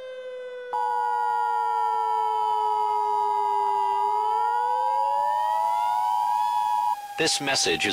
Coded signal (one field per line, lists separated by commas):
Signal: Emergency Alert System (SAME) tones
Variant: 853 and 960 Hz attention tone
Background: speech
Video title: EAS Scenario #7: Tsunami